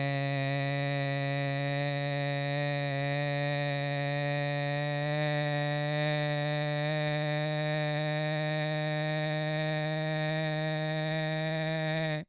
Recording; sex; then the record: sustained vowel /e/; male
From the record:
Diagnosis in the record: Parkinson's disease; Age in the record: 75 years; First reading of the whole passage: 62 s, 8.3 characters per second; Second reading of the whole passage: 57 s, 9.2 characters per second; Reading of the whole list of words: 53 s, 5.3 characters per second